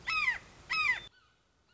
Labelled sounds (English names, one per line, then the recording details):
Red-shouldered Hawk
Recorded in Sonoma County, California